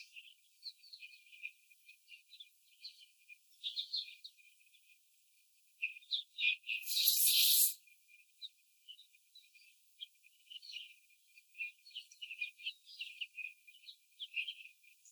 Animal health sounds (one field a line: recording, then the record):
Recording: young laying hens in a cage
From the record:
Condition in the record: before the stressor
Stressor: sudden umbrella opening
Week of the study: 3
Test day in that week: 2